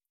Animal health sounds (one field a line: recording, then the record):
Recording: hydrophone in a shrimp aquaculture tank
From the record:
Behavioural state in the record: feeding